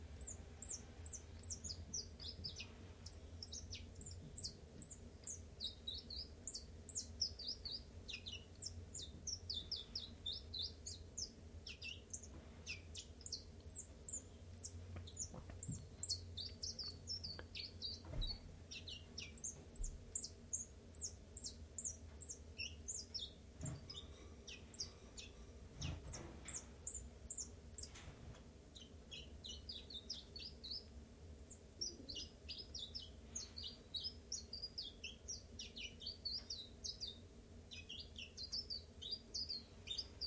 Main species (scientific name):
Phylloscopus collybita